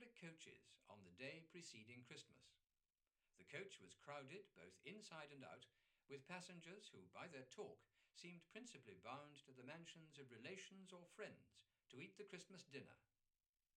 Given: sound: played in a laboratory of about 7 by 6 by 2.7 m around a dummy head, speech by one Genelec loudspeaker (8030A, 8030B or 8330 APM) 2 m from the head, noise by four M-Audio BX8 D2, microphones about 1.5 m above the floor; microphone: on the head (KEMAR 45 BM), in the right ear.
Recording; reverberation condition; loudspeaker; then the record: male speech in English; low; 60 degrees to the right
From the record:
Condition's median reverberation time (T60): about 310 ms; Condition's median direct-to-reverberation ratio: about 3.5 dB